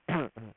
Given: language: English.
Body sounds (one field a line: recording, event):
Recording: throat vibration sensor signal played as sound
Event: throat clearing